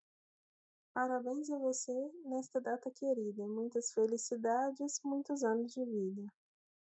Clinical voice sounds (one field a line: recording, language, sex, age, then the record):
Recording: short text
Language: Brazilian Portuguese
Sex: male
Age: 30 to 39 years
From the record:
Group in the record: control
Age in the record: 39 years